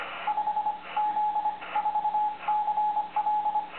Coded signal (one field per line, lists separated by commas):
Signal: Morse code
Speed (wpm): 25 wpm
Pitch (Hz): 840 Hz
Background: radio noise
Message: 5Z4CL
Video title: XXIX 20110404 Music & Morse Code like Tradition & Original Work